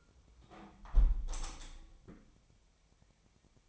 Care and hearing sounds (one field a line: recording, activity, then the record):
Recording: daily activity, microphone in the room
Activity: close window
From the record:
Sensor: 1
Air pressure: 1014.9 hPa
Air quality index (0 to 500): 28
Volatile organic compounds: 1 ppm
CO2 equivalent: 520 ppm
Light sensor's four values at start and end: 10/25/10/11 and 10/25/10/11